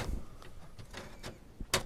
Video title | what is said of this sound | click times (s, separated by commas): My First PC Build - Part 2 - Putting it Together | So you hear it kind of click. Yeah. Into place. | 1.7 s